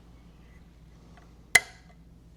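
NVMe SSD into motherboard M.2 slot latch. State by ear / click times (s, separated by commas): seated / 1.6 s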